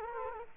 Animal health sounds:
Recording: mosquito wingbeat signal from an infrared sensor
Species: Culex quinquefasciatus

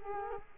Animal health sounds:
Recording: mosquito wingbeat signal from an infrared sensor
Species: Culex quinquefasciatus

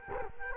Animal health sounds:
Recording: mosquito wingbeat signal from an infrared sensor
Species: Culex quinquefasciatus

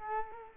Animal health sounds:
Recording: mosquito wingbeat signal from an infrared sensor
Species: Culex quinquefasciatus

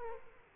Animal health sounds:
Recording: mosquito wingbeat signal from an infrared sensor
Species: Aedes aegypti

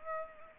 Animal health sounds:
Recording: mosquito wingbeat signal from an infrared sensor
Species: Culex pipiens

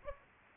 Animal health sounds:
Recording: mosquito wingbeat signal from an infrared sensor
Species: Aedes aegypti

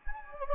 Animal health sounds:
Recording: mosquito wingbeat signal from an infrared sensor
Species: Anopheles gambiae

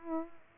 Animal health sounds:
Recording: mosquito wingbeat signal from an infrared sensor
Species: Culex pipiens

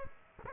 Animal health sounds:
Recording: mosquito wingbeat signal from an infrared sensor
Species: Aedes aegypti

